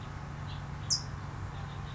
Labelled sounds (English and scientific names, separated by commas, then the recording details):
California Towhee (Melozone crissalis)
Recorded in Sonoma County, California